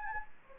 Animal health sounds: mosquito wingbeat signal from an infrared sensor; Anopheles gambiae

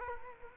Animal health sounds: mosquito wingbeat signal from an infrared sensor; Culex quinquefasciatus

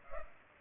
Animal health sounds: mosquito wingbeat signal from an infrared sensor; Culex pipiens

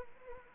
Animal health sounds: mosquito wingbeat signal from an infrared sensor; Anopheles arabiensis

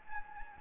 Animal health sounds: mosquito wingbeat signal from an infrared sensor; Anopheles gambiae

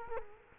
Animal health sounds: mosquito wingbeat signal from an infrared sensor; Culex quinquefasciatus

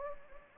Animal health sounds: mosquito wingbeat signal from an infrared sensor; Anopheles gambiae

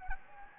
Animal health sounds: mosquito wingbeat signal from an infrared sensor; Anopheles gambiae

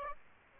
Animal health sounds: mosquito wingbeat signal from an infrared sensor; Aedes aegypti

